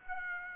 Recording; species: mosquito wingbeat signal from an infrared sensor; Aedes aegypti